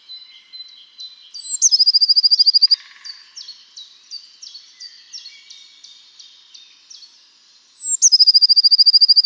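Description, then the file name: Eurasian blue tit singing: a thin high note followed by a fast, even trill, repeated twice with soft ticking calls between. "Cyanistes caeruleus"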